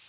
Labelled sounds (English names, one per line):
Ovenbird flight call